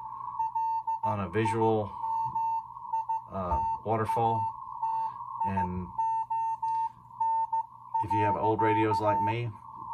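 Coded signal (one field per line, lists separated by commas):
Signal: Morse code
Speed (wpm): 15 wpm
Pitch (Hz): 900 Hz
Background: speech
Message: LIMITATION.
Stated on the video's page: CW on the 40 m ham band received with an RTL-SDR on an inverted-L antenna.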